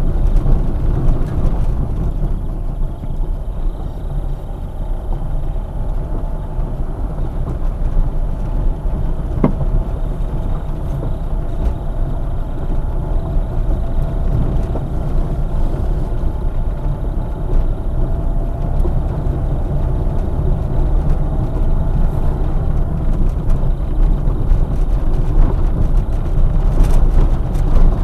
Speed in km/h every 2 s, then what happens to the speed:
11, 9, 9, 10, 12, 14, 14, 14, 16, 16, 17, 17, 21, 21.
0-28 speeds up to 21.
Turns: 2-9.